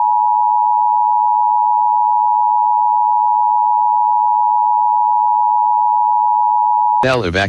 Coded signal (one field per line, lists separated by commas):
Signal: Emergency Alert System (SAME) tones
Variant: 853 and 960 Hz attention tone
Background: speech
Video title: EAS #713 Immediate Evacuation